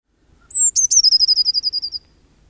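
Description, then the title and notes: Eurasian blue tit song: a high thin opening note followed by a fast, slightly descending trill of rapid notes, the whole song lasting about one and a half seconds. "Cyanistes caeruleus (Linnaeus, 1758). Birdsong of the blue tit"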